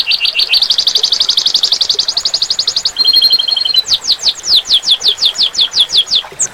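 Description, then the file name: Domestic canary song: a quick trill, a short steady whistled double tone, then a rapid series of sharp descending notes. Standard-type domestic canary, kenari standar. "omkicau com kenari standar"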